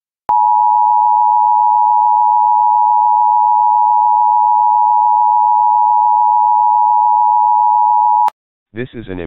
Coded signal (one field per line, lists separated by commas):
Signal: Emergency Alert System (SAME) tones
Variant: 853 and 960 Hz attention tone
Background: speech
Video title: EAS Law Enforcement Warning Chippewa Falls, Wisconsin for Missing Woman